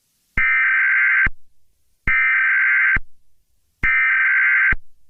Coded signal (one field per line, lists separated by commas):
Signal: Emergency Alert System (SAME) tones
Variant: header bursts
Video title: EAS Scenario #6: Scarecrow Aftermath [SEQUEL TO #2]